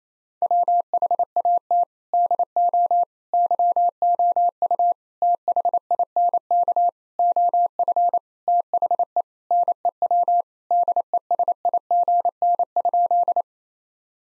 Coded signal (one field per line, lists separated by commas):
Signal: Morse code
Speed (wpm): 27 wpm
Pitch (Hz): 700 Hz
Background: none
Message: WHAT DO YOU THINK OF THE NEW DESIGN?